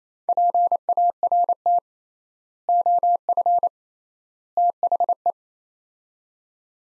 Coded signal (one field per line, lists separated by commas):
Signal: Morse code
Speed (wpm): 28 wpm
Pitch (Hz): 700 Hz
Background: none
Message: PART OF THE